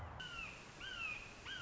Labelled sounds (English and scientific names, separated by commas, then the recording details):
Red-shouldered Hawk (Buteo lineatus)
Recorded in Sonoma County, California